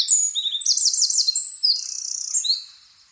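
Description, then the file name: Eurasian wren: a three-second stretch of loud, high song with quick trills and sharp ringing notes, fading at the close. "Troglodytes troglodytes"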